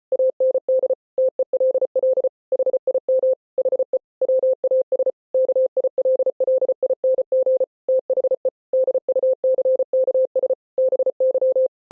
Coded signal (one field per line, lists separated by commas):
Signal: Morse code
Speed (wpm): 33 wpm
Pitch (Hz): 520 Hz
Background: none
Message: AND TELL HIM HE WAS KILLING THE DUCKS BY